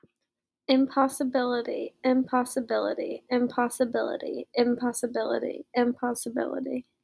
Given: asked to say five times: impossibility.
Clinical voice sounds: repeated word; female; 20 to 29 years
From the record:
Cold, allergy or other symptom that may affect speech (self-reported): no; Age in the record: 22 years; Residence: Massachusetts, United States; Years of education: 16

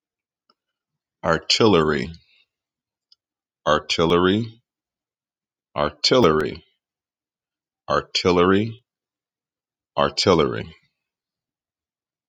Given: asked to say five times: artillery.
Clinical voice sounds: repeated word; male; 30 to 39 years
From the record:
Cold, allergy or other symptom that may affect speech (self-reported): no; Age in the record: 39 years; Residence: Pennsylvania, United States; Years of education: 17

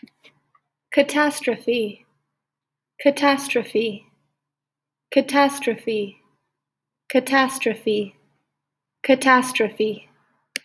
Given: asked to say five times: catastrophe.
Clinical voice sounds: repeated word; female; 20 to 29 years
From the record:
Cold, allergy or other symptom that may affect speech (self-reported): no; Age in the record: 24 years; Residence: Indiana, United States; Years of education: 18

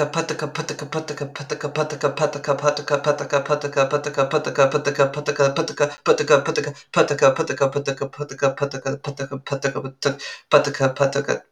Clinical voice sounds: repeated syllables /pa ta ka/; female; 30 to 39 years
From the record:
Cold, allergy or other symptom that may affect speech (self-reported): no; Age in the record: 33 years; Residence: Virginia, United States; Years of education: 16

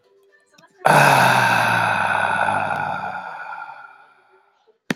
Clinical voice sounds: vowel held as long as possible; male; 30 to 39 years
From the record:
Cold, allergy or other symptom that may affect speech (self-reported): no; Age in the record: 32 years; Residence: Rhode Island, United States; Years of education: 16

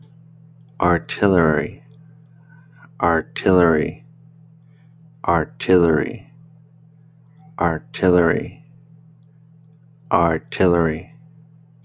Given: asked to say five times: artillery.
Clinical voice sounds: repeated word; male; 30 to 39 years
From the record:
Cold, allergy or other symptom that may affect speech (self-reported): no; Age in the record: 32 years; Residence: Texas, United States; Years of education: 14

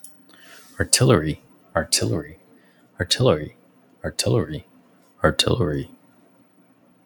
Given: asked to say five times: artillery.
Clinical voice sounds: repeated word; male; 20 to 29 years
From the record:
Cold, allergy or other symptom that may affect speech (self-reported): no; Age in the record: 24 years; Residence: Texas, United States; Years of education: 14

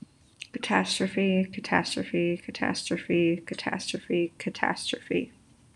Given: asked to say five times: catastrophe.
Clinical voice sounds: repeated word; female; 30 to 39 years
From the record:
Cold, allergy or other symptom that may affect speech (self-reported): no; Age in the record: 31 years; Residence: Kentucky, United States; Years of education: 16

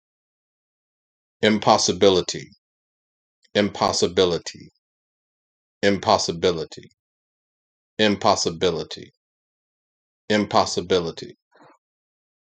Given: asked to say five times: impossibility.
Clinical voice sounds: repeated word; male; 50 to 59 years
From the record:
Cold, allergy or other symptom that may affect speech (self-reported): no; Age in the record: 55 years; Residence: Georgia, United States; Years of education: 16

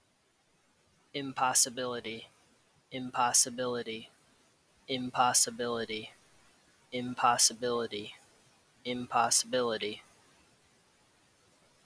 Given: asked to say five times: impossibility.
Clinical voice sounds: repeated word; male; 30 to 39 years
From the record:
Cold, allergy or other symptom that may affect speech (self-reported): no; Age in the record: 37 years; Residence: Wisconsin, United States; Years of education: 16

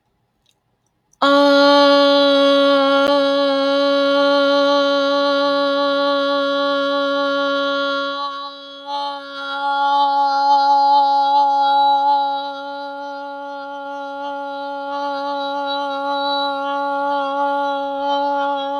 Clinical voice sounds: vowel held as long as possible; female; 40 to 49 years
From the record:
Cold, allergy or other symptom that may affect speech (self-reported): no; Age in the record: 48 years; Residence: Oregon, United States

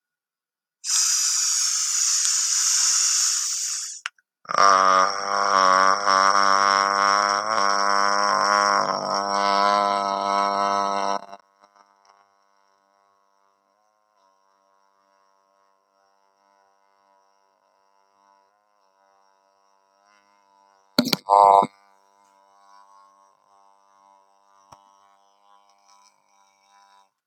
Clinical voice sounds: vowel held as long as possible; male; 20 to 29 years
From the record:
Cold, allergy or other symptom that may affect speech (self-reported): no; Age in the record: 28 years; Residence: Indiana, United States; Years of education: 13

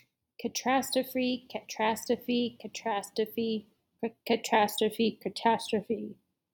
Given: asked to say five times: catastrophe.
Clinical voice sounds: repeated word; female; 30 to 39 years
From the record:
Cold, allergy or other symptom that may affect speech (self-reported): no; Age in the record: 32 years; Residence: Colorado, United States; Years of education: 18

